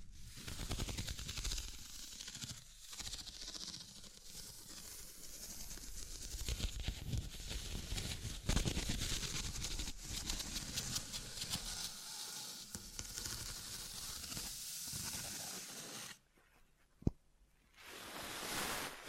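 Tapping, scratching and tracing sounds run almost continuously, with dense bright scraping and frequent quick taps, strongest around the middle. Near sixteen seconds the sound drops to near silence, broken by one sharp tap, before a soft hiss returns at the end.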